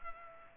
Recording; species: mosquito wingbeat signal from an infrared sensor; Culex pipiens